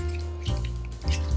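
An ignition harness connector on an Audi is being worked onto the ignition coil pack, with music playing in the background and small handling sounds around 0.7 and 1.0–1.1 seconds. The connector has not seated or clicked yet by the end of the clip.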